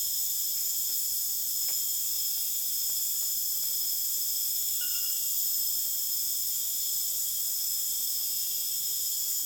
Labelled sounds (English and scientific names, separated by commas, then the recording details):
none
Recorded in dense forest near Puerto Asís, Putumayo, Colombia, on 25 June 2025 at 23:30
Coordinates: 0.484, -76.325
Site H65